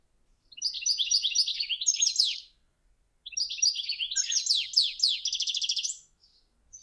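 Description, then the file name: European goldfinch song, two phrases of high, rapid twittering with tinkling notes and a dry, rhythmic trill ending the second phrase; quiet gaps between phrases. "ohakalind"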